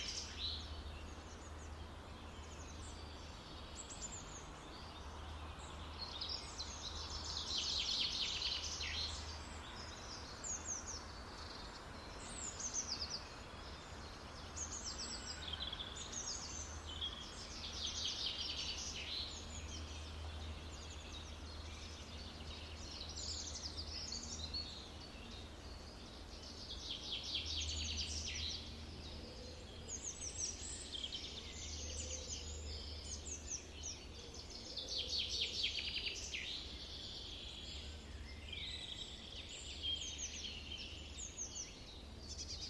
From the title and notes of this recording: A stroll along a lovely forest on a warm Autumn afternoon. You can hear wind, birds singing, and occasional traffic.